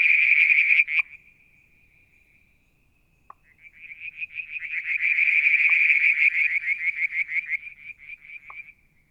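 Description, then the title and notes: Frog trilling stops abruptly after a loud opening second, leaving near silence, then a pulsed trill slowly swells back to full strength and fades again. Mount Wilson, New South Wales, Australia; July 2022; one evening near a water tank; striped marsh frog, Verreaux's tree frog and an unidentified frog calling. "Frog song, Mount Wilson, New South Wales, Australia in July 2022 – by Alexander Moffatt. Limnodynastes Peronii, Litoria Verreauxii and a mystery frog one evening near the water tank"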